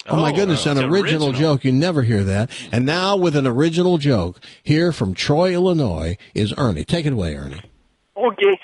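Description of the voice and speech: Lively, clear adult male voice introducing a caller's joke on the radio, with fluent, ordinary speech.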